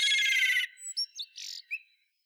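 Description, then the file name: Common blackbird song fragment: a dense buzzy note, then a few thin squeaky whistles and a short rasping burst. "Turdus merula"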